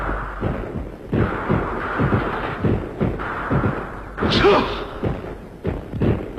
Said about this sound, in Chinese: 队伍刚刚撤走，敌人的炮弹便在空阵地上爆炸了。